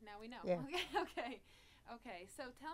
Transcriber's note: she laughs